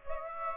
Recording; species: mosquito wingbeat signal from an infrared sensor; Aedes aegypti